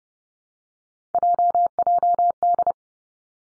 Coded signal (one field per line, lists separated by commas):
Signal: Morse code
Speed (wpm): 30 wpm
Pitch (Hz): 700 Hz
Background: none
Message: JJD